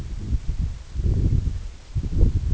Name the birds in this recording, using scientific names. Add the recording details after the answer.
none. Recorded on Arctic tundra, site EABA-1, on 24 June 2018. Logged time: 10:00